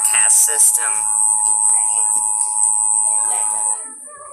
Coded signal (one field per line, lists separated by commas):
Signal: Emergency Alert System (SAME) tones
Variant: 853 and 960 Hz attention tone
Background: speech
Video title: Corey EAS reacts to my video